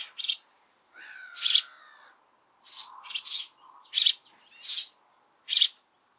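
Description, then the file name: House sparrow giving sharp chirps, some doubled, at irregular intervals. "Passer domesticus"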